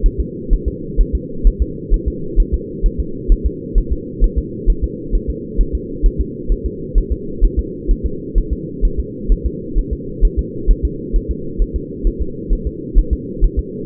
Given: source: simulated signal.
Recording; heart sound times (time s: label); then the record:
fetal heart sounds
0.06 s: S1
0.20 s: S2
0.53 s: S1
0.68 s: S2
1.01 s: S1
1.15 s: S2
1.47 s: S1
1.62 s: S2
1.94 s: S1
2.08 s: S2
2.40 s: S1
2.54 s: S2
2.86 s: S1
3.00 s: S2
3.32 s: S1
3.46 s: S2
3.78 s: S1
3.92 s: S2
4.24 s: S1
4.38 s: S2
4.70 s: S1
4.84 s: S2
5.15 s: S1
5.30 s: S2
5.61 s: S1
5.75 s: S2
6.06 s: S1
6.20 s: S2
6.52 s: S1
6.66 s: S2
6.98 s: S1
7.12 s: S2
7.44 s: S1
7.59 s: S2
7.91 s: S1
8.06 s: S2
8.38 s: S1
8.53 s: S2
8.85 s: S1
9.00 s: S2
9.32 s: S1
9.46 s: S2
9.79 s: S1
9.93 s: S2
10.25 s: S1
10.39 s: S2
10.71 s: S1
10.85 s: S2
11.16 s: S1
11.31 s: S2
11.62 s: S1
11.76 s: S2
12.07 s: S1
12.22 s: S2
12.53 s: S1
12.67 s: S2
12.98 s: S1
13.13 s: S2
13.44 s: S1
13.59 s: S2
From the record:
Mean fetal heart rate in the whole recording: 130 bpm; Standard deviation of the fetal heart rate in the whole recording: 2 bpm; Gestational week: 38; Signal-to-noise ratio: -4.3 dB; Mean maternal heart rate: 72 bpm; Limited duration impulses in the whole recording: absent